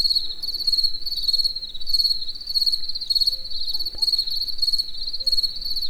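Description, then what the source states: Cricket song of bright, high pulsed chirps repeating in quick succession, a few faint short tones and a single click in the background. Cricket in nature in the evening near the Eger tourist house.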